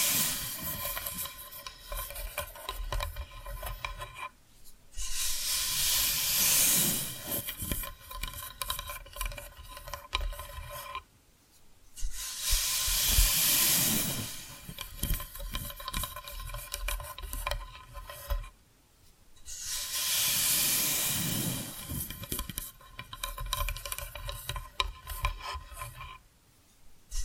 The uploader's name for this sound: Hypnotic Tapping & Scratching Sounds